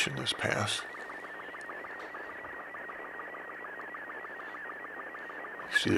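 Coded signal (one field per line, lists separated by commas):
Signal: SSTV (slow-scan television)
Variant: Robot 36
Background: speech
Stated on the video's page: SSTV in Robot 36 mode received from the ArcticSat-1 RS74 satellite.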